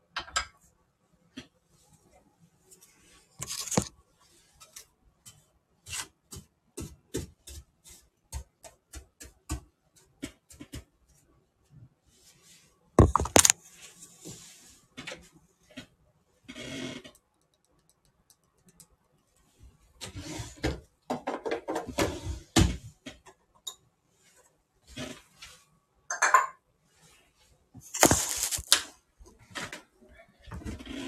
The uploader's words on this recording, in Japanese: キッチン周りのお片付け。Sujataはお話はいたしません。